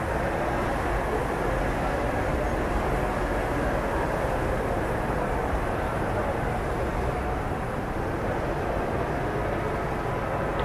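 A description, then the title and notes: A city at night fills the air with a steady, dense wash of traffic, low and even from start to finish. The rumble sits mostly in the low and middle range, with no distinct events breaking through, only a faint airy hiss above. This is a podcast of ambient sounds from the city of France at night.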